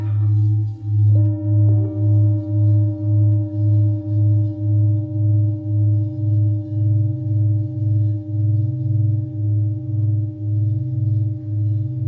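A singing bowl hums with a deep, evenly pulsing low tone, struck again near one and two seconds, its bright ringing overtones sustaining throughout.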